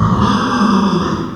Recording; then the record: squeal of a Yucatan mini pig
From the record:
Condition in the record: after surgery on the right vocal fold (resection and tissue-engineered implant); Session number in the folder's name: 15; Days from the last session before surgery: 175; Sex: female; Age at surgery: 19 weeks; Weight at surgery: 25 kg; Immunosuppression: prednisolone